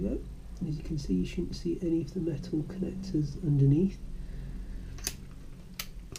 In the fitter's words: this should click into place yeah